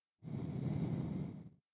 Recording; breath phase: one breath near a microphone; exhalation